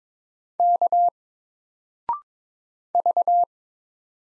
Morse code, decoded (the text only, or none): K V